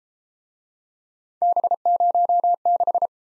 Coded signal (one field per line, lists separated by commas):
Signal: Morse code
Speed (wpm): 32 wpm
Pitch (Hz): 700 Hz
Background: none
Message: B06